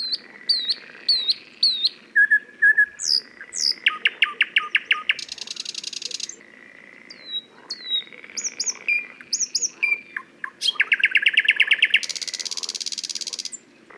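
Thrush nightingale singing with high whistled notes, hard repeated clicks and two long rattling buzzes.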